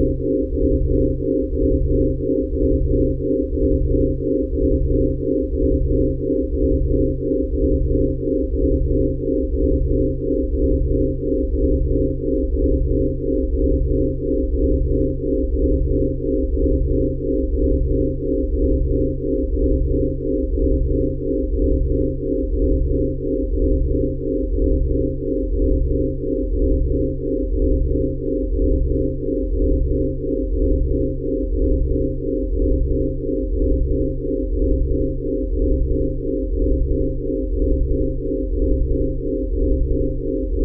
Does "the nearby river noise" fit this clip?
no